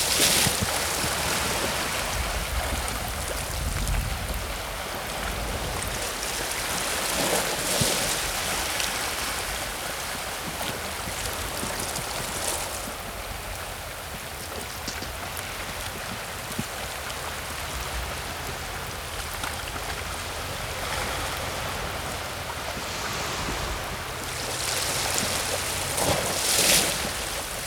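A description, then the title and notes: Tide water rushes steadily through stones beneath a dense, bright hiss, with deeper hollow surges rising every few seconds and swelling near the end. Alaskan Tide, Rocks and Rain. This was made with the Sony PCM-D50 near Seward, Alaska on a small island looking out at the ocean. The tide was pulling through a mess of stones that made this nice hollow clanging sound.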